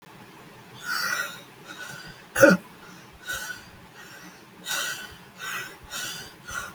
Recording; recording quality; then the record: shallow breathing; excellent, no background noise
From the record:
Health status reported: exposed to COVID-19, no respiratory illness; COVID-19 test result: not tested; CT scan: not taken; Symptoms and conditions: none ticked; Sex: male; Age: 20 years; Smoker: no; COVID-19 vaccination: none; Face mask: not worn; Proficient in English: yes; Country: India